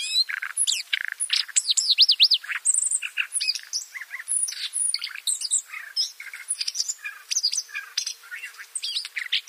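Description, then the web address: Siberian rubythroat singing a long, fast jumble of varied notes: thin high whistles, harsh scratchy bits and quick chirps, tumbling without pause. "Schulze Peter Siberian Rubythroat song"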